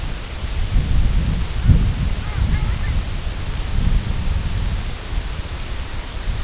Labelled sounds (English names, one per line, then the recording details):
Long-tailed Duck
Red-throated Loon
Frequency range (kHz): Long-tailed Duck 0.4-2.9 kHz
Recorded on Arctic tundra, site IGLO-F, on 22 June 2018
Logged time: 02:00